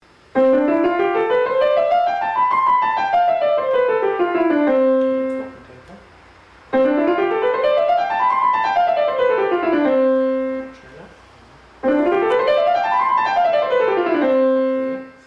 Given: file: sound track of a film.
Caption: Pianist with focal dystonia in right hand during last examination. Treatment with Retraining. Rating of irregularity: 2.29, rating of impairment: 2.46.